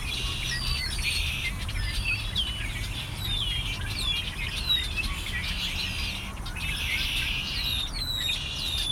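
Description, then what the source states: Birds chirping in a dense chorus, many short high whistles and sliding notes overlapping throughout, over a steady low rumble. Migrating birds hiding in bushes around a lake at Ashburton.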